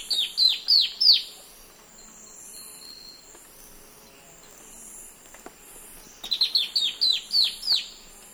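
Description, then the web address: Black-throated antbird song: two bursts of quick, high, down-slurred notes, several in each. A quiet pause with soft insect hum separates them. Eastern lowlands of South America. "Nature Songs S America Eastern Lowlands. Black-throated Antbird"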